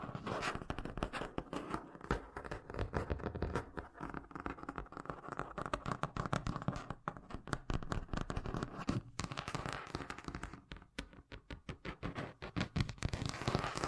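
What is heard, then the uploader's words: Rapid tapping runs without pause for the whole stretch, dense and quick with an uneven, scratchy texture. The hits sound fairly bright, with brief thinner patches around seven, nine and eleven seconds before the pace fills back in. ASMR Braingasm Inducing Fast Tapping (No Talking).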